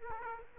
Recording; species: mosquito wingbeat signal from an infrared sensor; Aedes aegypti